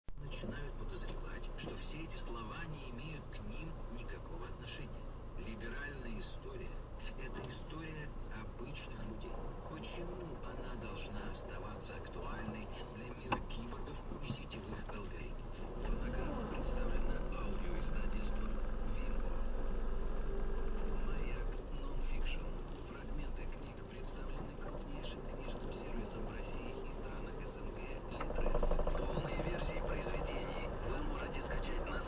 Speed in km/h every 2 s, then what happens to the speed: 0, 0, 0, 0, 1, 0, 0, 0, 0, 0, 0, 2, 4, 2, 2, 3.
0-29 standing.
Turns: none.